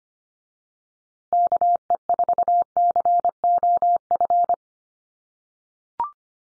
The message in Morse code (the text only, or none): KE4COF